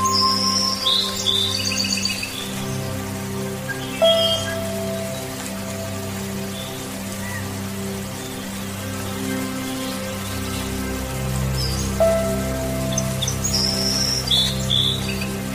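Soothing meditation music plays over steady rain: low, soft sustained tones and long held notes sit under an even patter of drops. Bright, bird-like chiming chirps appear near the start, around four seconds, and again from about twelve seconds.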